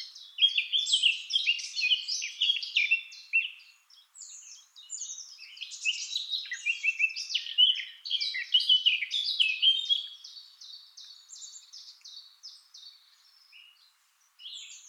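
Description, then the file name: Eurasian blackcap warbling: a long, dense run of quick chattering and whistled notes, loud in bursts, easing into softer twitters, a short gap, then more phrases near the end. "Sylvia atricapilla"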